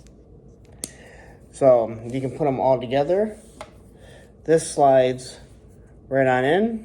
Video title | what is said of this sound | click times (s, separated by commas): GI Joe Classified Cobra Island Firefly Review | this controls the Drone which is a nice little detail and it pops right into here | 0.8 s